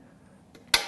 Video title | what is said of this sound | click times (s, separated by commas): Fluid Injector - Matex Tutorial Part 2 | just move your pail a little bit and clip it into place you're sealed | 0.7 s